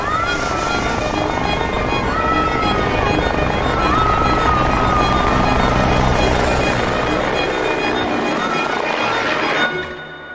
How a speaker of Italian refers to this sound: Da dietro la collina apparvero due elicotteri, due libellule di ferro, due grosse libellule blu con scritto sui fianchi carabinieri. Si abbassarono